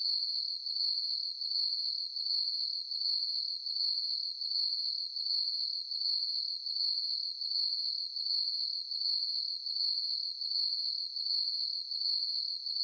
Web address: Blastwave. Crickets, Chirp, Ambience, Night, Insect, Bug. Cricket Sound Effects